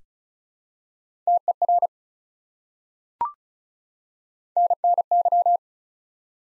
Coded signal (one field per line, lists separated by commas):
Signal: Morse code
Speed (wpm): 36 wpm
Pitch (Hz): 700 Hz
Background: none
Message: TER NNY